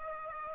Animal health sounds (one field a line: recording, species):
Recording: mosquito wingbeat signal from an infrared sensor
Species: Aedes aegypti